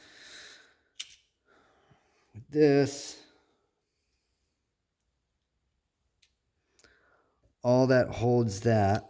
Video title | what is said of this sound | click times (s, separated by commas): Mossberg 500 Trigger Assembly Repair, Disassembly & Reassembly. | click into place now | 1.0 s